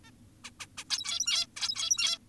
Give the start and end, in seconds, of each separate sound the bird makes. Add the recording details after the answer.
0.04-0.11, 0.44-0.51, 0.60-0.67, 0.78-0.84, 0.90-1.47, 1.57-2.18. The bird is an adult. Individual g17y2U